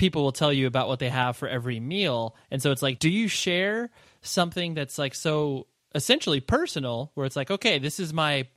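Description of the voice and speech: One adult man speaks in a relaxed, conversational way, fluent and clearly voiced, with a mid pitch and natural rise and fall. A few short pauses and casual fillers like "it's like" occur. This is ordinary speech with no sign of a voice or speech disorder.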